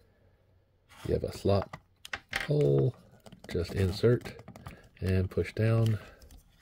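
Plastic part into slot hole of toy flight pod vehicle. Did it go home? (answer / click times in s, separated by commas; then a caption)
no / none. A plastic part of a toy flight pod vehicle is being handled at a slot hole, ready to be inserted and pushed down. Someone talks throughout, with faint handling sounds between phrases. Nothing has seated or clicked yet.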